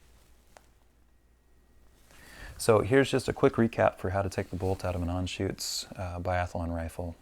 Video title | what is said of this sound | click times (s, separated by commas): How to Remove the Bolt from an Anschutz Biathlon Rifle | Uh, and then it just snaps into place. And there you have it. | 0.6 s